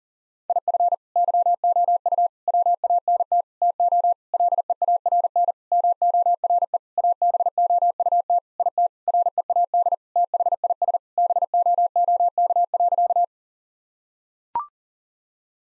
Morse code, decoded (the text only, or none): IF YOU WANT TO LEARN MORE ABOUT IT READ THIS BOOK.